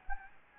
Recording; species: mosquito wingbeat signal from an infrared sensor; Anopheles gambiae